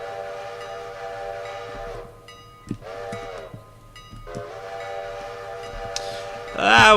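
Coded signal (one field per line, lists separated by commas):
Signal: whistle signal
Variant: steam locomotive whistle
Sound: chime-like steam whistle sounds three times, long, short, long, then a man starts talking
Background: game audio, speech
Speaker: that was a bad bad whistle signal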